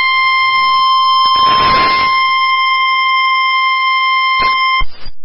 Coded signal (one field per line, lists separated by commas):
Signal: Emergency Alert System (SAME) tones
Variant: 1050 Hz attention tone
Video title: 11/15/23 - KWO35 Required Weekly Test (EAS #924)